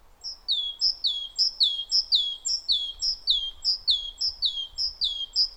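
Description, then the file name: Great tit delivering a continuous string of many bright two-note phrases at an even, rapid pace. "Parus major"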